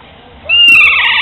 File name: kea parrot nestor notabilis nestor kea